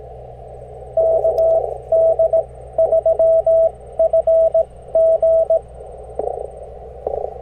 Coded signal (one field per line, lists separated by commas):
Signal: Morse code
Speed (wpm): 18 wpm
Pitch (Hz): 650 Hz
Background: radio noise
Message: KD3FG